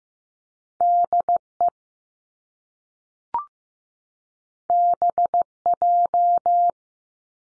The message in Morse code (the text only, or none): D E B J